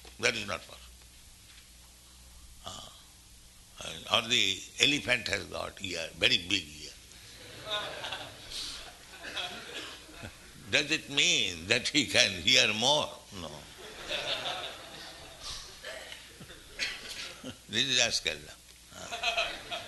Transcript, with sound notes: That is not possible. Or the elephant has got ear, very big ear. [laughter] Does it mean that he can hear more? No. This is rascaldom.